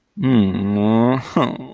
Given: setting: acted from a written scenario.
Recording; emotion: vocal sound without words; guilt